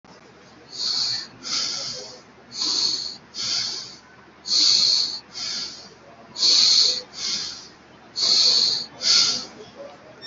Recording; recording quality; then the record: shallow breathing; excellent, no background noise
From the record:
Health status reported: COVID-19 positive, mild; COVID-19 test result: positive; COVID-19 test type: RT-PCR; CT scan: not taken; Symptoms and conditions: cough, cold, sore throat, fever, muscle pain, loss of smell and taste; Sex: male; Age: 41 years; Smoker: no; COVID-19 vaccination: one dose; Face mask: worn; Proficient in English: yes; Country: India